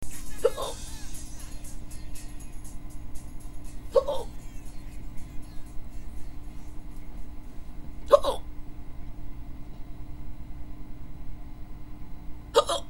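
Four sharp hiccups from an adult, spaced roughly four seconds apart, over a steady low-pitched background hum.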